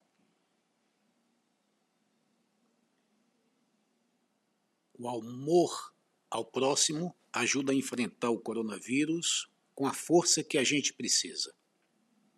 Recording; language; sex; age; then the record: spoken sentence; Brazilian Portuguese; male; 50 to 59 years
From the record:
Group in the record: control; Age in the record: 59 years